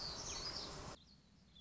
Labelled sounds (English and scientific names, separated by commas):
Black-throated Gray Warbler (Setophaga nigrescens)